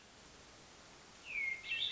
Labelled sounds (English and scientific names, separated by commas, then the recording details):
Hermit Thrush (Catharus guttatus)
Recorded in Sonoma County, California